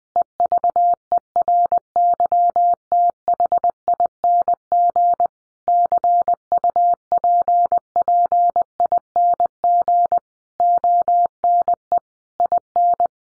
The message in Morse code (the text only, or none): EVERYTHING CUPPING ONE IN